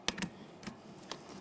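The hooked end of the door lock cable slides into its port on a front interior door handle from a 2009-2014 Nissan Maxima, and it seats with a sharp click at 0.1 s. Softer ticks follow at 0.2, 0.7 and 1.1 s. The cable is confirmed seated in the port.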